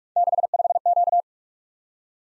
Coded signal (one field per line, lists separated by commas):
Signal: Morse code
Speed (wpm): 44 wpm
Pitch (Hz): 700 Hz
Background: none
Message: 65Q